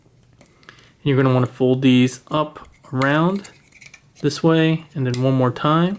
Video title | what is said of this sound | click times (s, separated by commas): Warbotron WB-01A Air Burst (Version 2) Review | and you'll hear it click to very defined click | 0.7 s